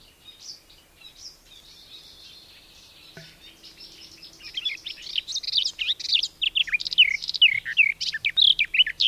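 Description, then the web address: Garden warbler song: faint, quiet warbling at first, then a louder, rapid, rich warble of mixed notes building through the second half and running to the end. "Madardalok Kerti poszáta"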